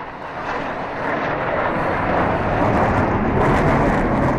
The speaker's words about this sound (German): Um 15.50 Uhr donnern zwei F-16-Kampfjets im Tiefflug über das Stadtzentrum hinweg und drehen ab Richtung Osten. Eine Machtdemonstration. Der Lärm ist so ohrenbetäubend, dass wir uns instinktiv ducken.